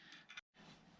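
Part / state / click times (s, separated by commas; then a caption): keyed dust cap onto a bicycle hub axle / seated / 0.3 s, 0.4 s. A keyed dust cap is pressed onto the axle of a Shimano Dura Ace WH-9000 C24 bicycle hub with its flat spots lined up, then given a quick little tap because it took a little persuading. Two short clicks sound at 0.3 s and 0.4 s, followed by a brief silence and steady background noise. The cap is seated in place.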